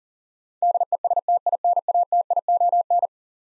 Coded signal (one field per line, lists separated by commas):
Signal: Morse code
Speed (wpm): 40 wpm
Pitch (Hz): 700 Hz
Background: none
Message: DESTINATION